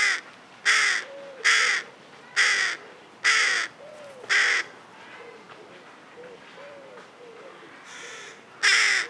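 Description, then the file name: Carrion crow calling: five loud, rasping caws in steady succession, then a pause with fainter sounds before one more caw at the end. "Corvus corone"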